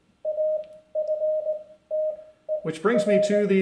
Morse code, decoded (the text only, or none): AFTER